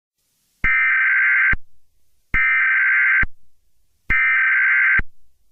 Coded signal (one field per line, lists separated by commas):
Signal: Emergency Alert System (SAME) tones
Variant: header bursts